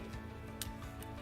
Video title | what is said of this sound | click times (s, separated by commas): How to Use Petzl's ASAP Mobile Fall Arresters. | again until you hear a click and the device is free to move up and down the rope. | 0.6 s